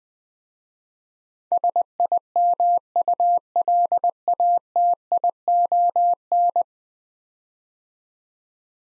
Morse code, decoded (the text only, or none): SIMULATION